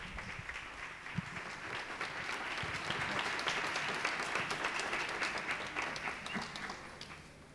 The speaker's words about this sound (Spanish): Les pido un fuerte aplauso.